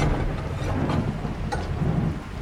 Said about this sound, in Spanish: Parece que se va a poner a llover más fuerte. Hace tiempo que no teníamos una lluvia así.